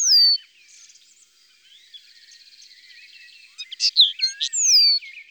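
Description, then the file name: Common linnet song: a clear downslurred whistle, a steady soft trill, then a burst of sharp chirps and another falling whistle. "Linotte melodieuse ABC des chants doiseaux"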